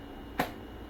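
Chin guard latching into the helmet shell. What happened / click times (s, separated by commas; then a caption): The hinged plastic latch snapped shut and locked / 0.4 s. A rider closes the hinged chin guard of an HJC i90 modular motorcycle helmet, and its plastic latch locks into the helmet shell with one short, sharp snap at 0.4 s against a quiet background. The chin guard is seated, snapped into place.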